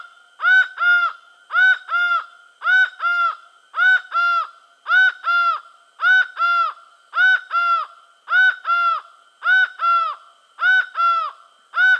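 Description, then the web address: Laughing falcon giving a steady series of paired nasal notes, one phrase roughly every second, very regular and even in loudness throughout. Venezuela. "Birds of the Amazon. Laughing Falcon (Herpetotheres cachinnans), Venezuela"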